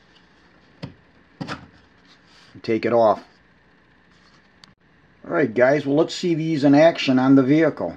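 A Custer Products adjustable emergency light with magnetic base (HF18A-MB amber / HF18R-MB red) is released when the plastic release tab is pushed down and the light is lifted off its mounting base. A single click sounds at 0.8 s, followed by brief handling noises, and then someone talks. The light comes free of its mount.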